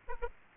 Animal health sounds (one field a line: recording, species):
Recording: mosquito wingbeat signal from an infrared sensor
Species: Aedes aegypti